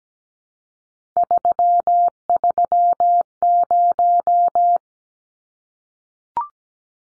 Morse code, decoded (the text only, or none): 330